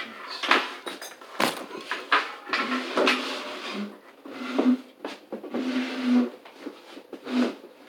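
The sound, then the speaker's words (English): A chair is dragged out across the floor to sit down for a meal, with a run of rough scrapes and wooden knocks in uneven bursts, fairly loud and with no talking over it. “Come on, pull your chair.”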